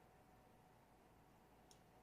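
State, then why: Seated. A brown wire's solid crimped contact is pushed into a Deutsch multi-pin sealed connector housing, beside the orange wire's contact. Against a steady low hiss, a single short, sharp click rings out at 1.7 seconds as the pin seats and locks into the housing.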